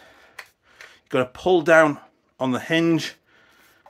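Someone talks while handling the folding stock of an A&Y AY-3M airsoft rifle with a mostly metal body, pulling down on the stock's hinge on the replica receiver. A few brief handling taps are heard around 0.4 s and 0.8 s, with faint ones near the end. The stock has not yet locked into place; nothing has seated or clicked yet.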